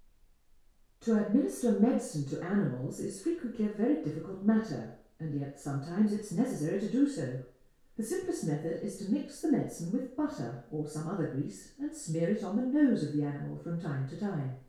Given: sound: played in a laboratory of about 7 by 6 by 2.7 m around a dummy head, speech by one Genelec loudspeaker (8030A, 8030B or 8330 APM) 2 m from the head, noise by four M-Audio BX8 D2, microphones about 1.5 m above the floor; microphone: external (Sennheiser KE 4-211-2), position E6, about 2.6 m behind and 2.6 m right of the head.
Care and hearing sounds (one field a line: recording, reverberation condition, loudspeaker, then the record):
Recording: female speech in English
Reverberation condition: medium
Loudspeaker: 120 degrees to the right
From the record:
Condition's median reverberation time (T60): about 510 ms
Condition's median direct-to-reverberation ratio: about -0.5 dB